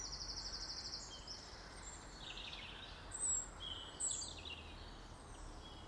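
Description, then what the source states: Bird song opens with a steady high buzzy trill, followed by scattered chirps and two louder calls around three and four seconds, over background hiss. In a garden.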